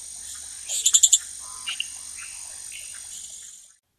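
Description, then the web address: Hyla rhodopepla frog call of four quick, high, clicking pulses, followed by a couple of softer notes, all over a constant shrill hum. Recorded in the Ecuadorian Amazon. "Natures Songs. Frogs of Ecuadorian Amazon Hyla rhodopepla"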